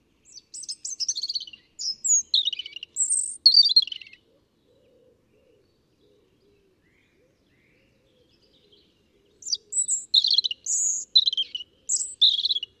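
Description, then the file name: European robin singing high, sweet, varied phrases of trills and slurred whistles for four seconds, falling silent, then resuming with another rapid, jumbled phrase. "Erithacus rubecula"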